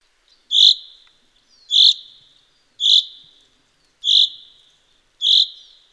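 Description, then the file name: Common chaffinch repeating a bright, metallic 'pink' note five times, roughly once a second, each call clipped and fading quickly in an otherwise quiet background. "Fringilla coelebs"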